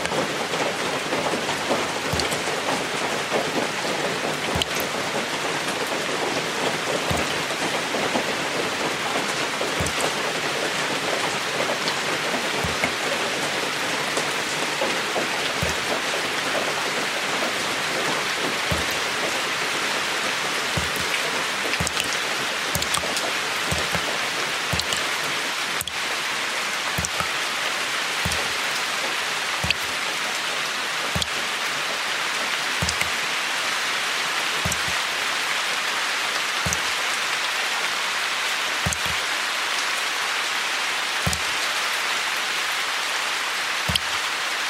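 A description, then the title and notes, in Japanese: Water leaking through a roof, heard under a steady hiss of rain that stays dense and even throughout. Sharp drips land at a regular pace, about one every second or two, becoming more frequent and closer together after the midpoint. 雨漏り。梅雨の6月。とりあえずその辺にあるお皿で水滴受け、お皿がいっぱいになったら他のお皿に変え。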